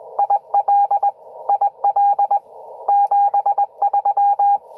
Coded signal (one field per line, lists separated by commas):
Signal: Morse code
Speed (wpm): 20 wpm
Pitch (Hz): 810 Hz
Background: radio noise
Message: IL IL 73